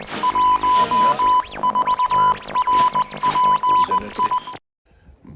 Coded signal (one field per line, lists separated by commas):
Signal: Morse code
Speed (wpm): 19 wpm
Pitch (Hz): 1000 Hz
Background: music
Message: 14RPI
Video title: Radioddity GA-5WB, Talkie-walkie GPS & APRS